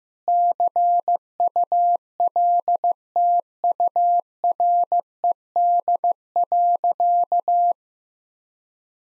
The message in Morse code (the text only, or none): CULTURED.